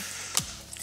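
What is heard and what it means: The edge of a laptop keyboard on a Clevo P950HP6 (sold as Sager, Guru, Nexoc, One) is pressed down firmly again into the notebook chassis to seat its last bulge. A sharp click at 0.4 s is followed by a fainter tick at 0.7 s. The keyboard is seated fully home so the chassis is fully closed.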